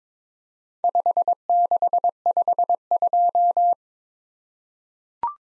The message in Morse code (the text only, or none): 5652